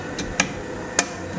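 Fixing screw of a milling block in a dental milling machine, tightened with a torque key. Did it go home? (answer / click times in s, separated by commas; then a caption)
yes / 0.4 s, 1.0 s. A torque key tightens the fixing screw that holds a milling block in a dental CAD/CAM milling machine. Two sharp clicks sound at 0.4 s and 1.0 s as the key reaches its setting, after a softer tick at about 0.2 s. The screw is tight.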